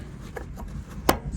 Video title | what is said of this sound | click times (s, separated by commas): F1 style 3rd brake light for 3rd gen Tacoma | snap the metal clip in | 0.4 s, 1.1 s